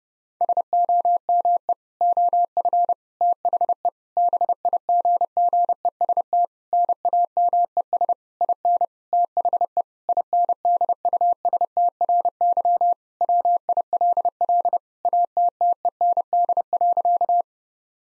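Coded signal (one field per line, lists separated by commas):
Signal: Morse code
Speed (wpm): 30 wpm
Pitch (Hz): 700 Hz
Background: none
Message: SOME OF THE BIGGEST NAMES IN THE INDUSTRY WILL ATTEND.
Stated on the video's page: Morse practice at 30 wpm, sentences with common seven-word phrases for head-copy.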